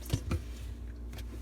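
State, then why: Not seated. The bottom plastic spray arm of a Samsung dishwasher is handled and pushed toward its mount inside the dishwasher tub during reassembly. Low handling bumps come near 0.1 s and 0.3 s, with a fainter knock around 1.1 s over a steady low hum. The arm has not yet seated or clicked into place.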